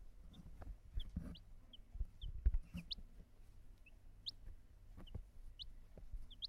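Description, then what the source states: Chicks peeping with short, high, upward-sliding chirps scattered irregularly throughout, over low rumbling and occasional thumps. Small chickens.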